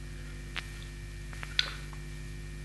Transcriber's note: Prabhupāda drinks